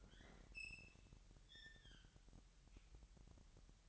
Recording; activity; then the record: daily activity, microphone in the room; open fridge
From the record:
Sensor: 3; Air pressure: 1001.9 hPa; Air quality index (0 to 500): 243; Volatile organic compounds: 47 ppm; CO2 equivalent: 3261 ppm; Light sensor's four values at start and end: 12/36/16/13 and 12/36/16/13